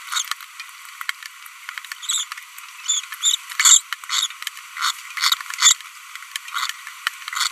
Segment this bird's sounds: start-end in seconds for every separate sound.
2.03-2.24, 2.86-3.00, 3.23-3.35, 3.60-3.78, 4.10-4.26, 4.77-4.91, 5.17-5.34, 5.59-5.73, 6.55-6.70, 7.33-7.47